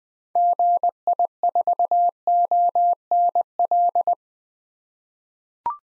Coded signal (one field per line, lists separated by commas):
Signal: Morse code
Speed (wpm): 20 wpm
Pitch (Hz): 700 Hz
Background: none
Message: GI4ONL